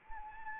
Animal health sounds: mosquito wingbeat signal from an infrared sensor; Anopheles arabiensis

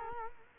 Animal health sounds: mosquito wingbeat signal from an infrared sensor; Culex quinquefasciatus

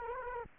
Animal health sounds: mosquito wingbeat signal from an infrared sensor; Culex quinquefasciatus

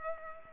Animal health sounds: mosquito wingbeat signal from an infrared sensor; Culex pipiens

